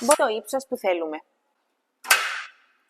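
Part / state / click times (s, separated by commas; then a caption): adjustable handle platform locking pin into the machine frame / seated / 2.1 s. Someone talks while the handle platform of a Standing Multi Flight gym machine is released by pulling its handle, moved to the wanted height and let go. At 2.1 s the adjustable platform's locking pin snaps into the machine frame with a sharp metallic click and a short ringing tail. The pin latches in, locking the platform at that height.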